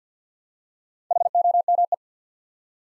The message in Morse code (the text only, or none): HOME